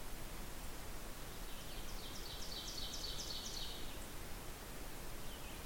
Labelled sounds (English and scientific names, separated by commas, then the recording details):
Ovenbird (Seiurus aurocapilla) song
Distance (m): 80 m
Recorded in boreal forest in Alberta, Canada, on 16 June 2016 at 08:15
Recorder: SongMeter 3, array SBT-3-32
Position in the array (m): 159 m, -30 m
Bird 38